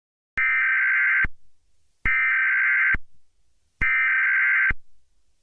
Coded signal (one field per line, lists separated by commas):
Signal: Emergency Alert System (SAME) tones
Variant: header bursts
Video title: EAS Scenario: Life as we Knew it